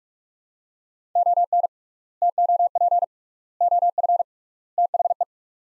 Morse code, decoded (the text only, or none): ON TOP OF THE